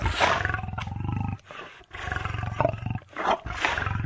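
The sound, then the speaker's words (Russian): An old tiger roars loudly in a series of deep, rumbling growls with rough, rasping overtones, broken by two or three short pauses before the roaring surges again. “«Человеческое дитя, я тебя съем!» — произнес тигр.”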